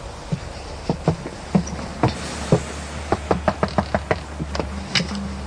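Knuckles rap on the door of a house in sharp knocks, a few scattered ones at first, then a quick run of rapid raps, over a low steady hum with no voices.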